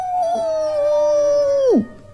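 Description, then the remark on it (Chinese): A single long, wolf-like howl, a sound effect for a very large werewolf monster in a story, holds one steady mid pitch for nearly two seconds, then swoops sharply downward and cuts off, loud and alone. “可是马上，他又遇到了非常可怕的怪物，一个特别特别特别巨大的狼人。”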